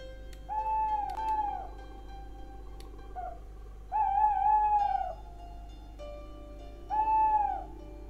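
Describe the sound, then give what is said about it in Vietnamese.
At night, an owl hoots three times at a house in slow succession, each call a drawn-out, wavering tone around a steady low hum, with quiet pauses between the calls. “Không hiểu làm sao đêm qua đến giờ con cú cứ tìm đến nhà ông mà réo gọi rợn cả người.”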